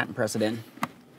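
Someone talks while an electrical connector is being pressed into the new blower motor module on a 2002-2009 Chevrolet Trailblazer, followed by a brief sharp sound near 0.8 s. The connector is handled but has not seated or clicked yet.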